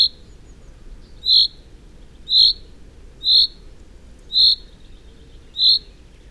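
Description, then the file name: Common chaffinch repeating a short clear call note about once a second, each note alike, against a soft steady low rumble. "Common-Chaffinch- -Fringilla-coelebs"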